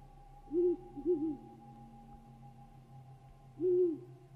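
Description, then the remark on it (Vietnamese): A barn owl out feeding at night gives low, hollow, startled hoots: one call, then a quick pair, a long pause, and a final drawn-out hoot, all over a faint steady hum with no voices. “Đâu đó có tiếng con chim cú lợn đi ăn đêm kêu lên những tiếng thảng thốt.”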